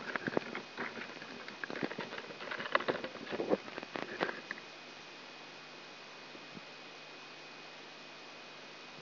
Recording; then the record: brain microelectrode recording played as sound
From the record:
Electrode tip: outside the subthalamic nucleus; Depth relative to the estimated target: -6 mm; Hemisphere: left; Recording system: AlphaMap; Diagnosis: Parkinson's disease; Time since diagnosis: 9 years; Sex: male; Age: 66 years